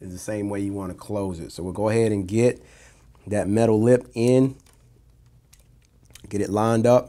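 The glass and display assembly of an iPod Touch 5th generation is being fitted back into its housing, with the metal lip at the top worked in first and the assembly lined up before being pressed closed. Someone talks, then during a quiet stretch there are a few faint, short taps and light handling sounds between about 4.7 and 6.2 seconds before the talking resumes. Nothing has seated or clicked yet.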